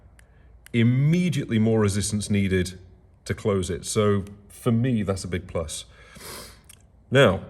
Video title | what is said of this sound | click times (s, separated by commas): Knife Review: QSP Hedghog and Kershaw Parley (bonus Svord Mini Peasant!) | so click it open satisfying snap | 0.2 s